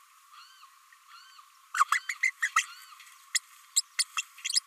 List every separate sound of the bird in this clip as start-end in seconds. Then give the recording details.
1.74-1.84, 1.91-2.01, 2.09-2.15, 2.22-2.31, 2.42-2.50, 2.56-2.66, 3.34-3.40, 3.76-3.82, 3.98-4.04, 4.17-4.22, 4.44-4.59. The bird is a female. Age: 29 days. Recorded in a nest box in Venezuela. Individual 17B32A5